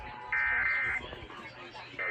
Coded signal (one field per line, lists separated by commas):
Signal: Emergency Alert System (SAME) tones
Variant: end-of-message bursts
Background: speech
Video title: EAS #166-169 Missouri Required Monthly Test on KDBB,KFMO,KBGM and KQBS. 10/15/24